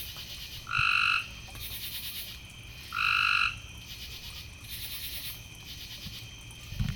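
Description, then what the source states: Frog: two smooth, steady calls about two seconds apart, over a gentle, pulsing high hiss and a brief low thump at the very end. Several frogs, recorded in the evening.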